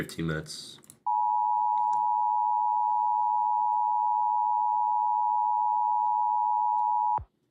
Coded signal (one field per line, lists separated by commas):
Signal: Emergency Alert System (SAME) tones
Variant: 853 and 960 Hz attention tone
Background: speech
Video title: EAS Creator Tierlisting (December Edition)